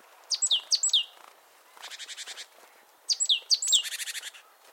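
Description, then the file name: Great tit calls: bursts of quick, sharply descending whistled notes in pairs and triplets, alternating with dry, buzzy pulsed trills, the pattern repeated once about three seconds later. "Parus major"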